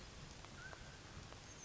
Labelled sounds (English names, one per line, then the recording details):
Oak Titmouse
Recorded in Sonoma County, California